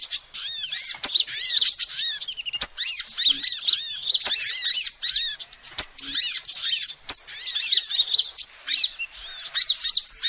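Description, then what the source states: Shrill lovebird chatter, rapid arched squeaks and chirps in long runs with short breaks, punctuated by occasional sharp clicks. Lovebird calls used as a lure to trap birds.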